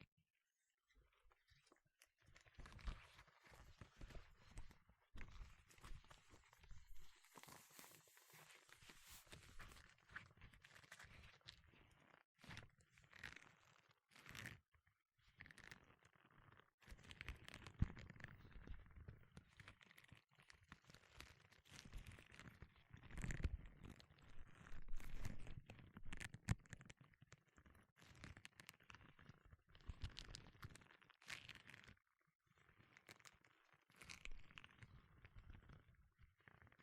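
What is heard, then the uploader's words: Gloves rustle and crinkle in handling, a dense run of soft scuffs, crunches and flexing sounds that starts after a couple of seconds and continues almost without pause. The texture shifts between sections, with brief silent gaps near 14 and 16 seconds. 5 different GLOVES Sounds. (No Talking).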